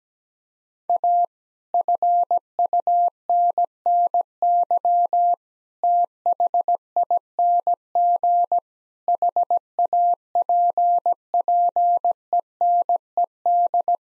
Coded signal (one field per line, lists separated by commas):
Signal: Morse code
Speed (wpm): 17 wpm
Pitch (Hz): 700 Hz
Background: none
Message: A FUNNY THING HAPPENED